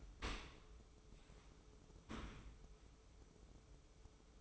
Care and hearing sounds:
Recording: daily activity, microphone in the room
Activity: open dishwasher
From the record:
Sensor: 1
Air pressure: 995.8 hPa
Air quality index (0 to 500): 59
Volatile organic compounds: 2 ppm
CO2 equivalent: 1170 ppm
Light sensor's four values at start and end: 32/111/43/45 and 32/111/43/45

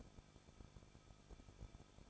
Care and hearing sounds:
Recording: daily activity, microphone in the room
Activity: no activity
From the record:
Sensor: 5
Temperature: 20.9 degrees Celsius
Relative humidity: 38.2%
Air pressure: 1006.4 hPa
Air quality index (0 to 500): 188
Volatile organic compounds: 19 ppm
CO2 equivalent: 2640 ppm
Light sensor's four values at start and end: 2/3/1/1 and 2/3/1/1

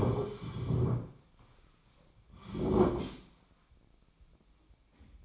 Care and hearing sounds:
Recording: daily activity, microphone in the room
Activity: sit down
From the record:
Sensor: 1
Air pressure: 1009.3 hPa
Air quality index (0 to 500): 178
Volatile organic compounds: 3 ppm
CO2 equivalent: 1502 ppm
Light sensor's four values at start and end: 34/91/37/44 and 36/96/39/46

